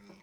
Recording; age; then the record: pig call; piglet (1 to 25 days)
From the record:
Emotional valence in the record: positive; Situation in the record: reunion after long isolation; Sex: female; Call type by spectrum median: low-frequency call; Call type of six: low-frequency stable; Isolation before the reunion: 8 minutes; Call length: 0.22 s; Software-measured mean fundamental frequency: 65 Hz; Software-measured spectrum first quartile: 255 Hz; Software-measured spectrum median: 619 Hz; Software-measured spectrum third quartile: 2397 Hz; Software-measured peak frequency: 192 Hz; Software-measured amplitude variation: 87 dB a second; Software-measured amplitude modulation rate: 24.9 a second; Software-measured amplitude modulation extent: 3.5 dB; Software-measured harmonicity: 4.4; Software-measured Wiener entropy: -1.52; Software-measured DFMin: 642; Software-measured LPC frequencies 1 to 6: 2255, 3756, 5297, 6276, 7307, 8165 Hz